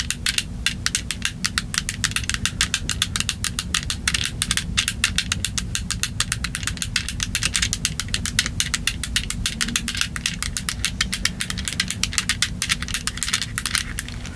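Rapid, aggressive tapping in dense, steady bursts of bright clicks, over a low constant hum and rumble throughout.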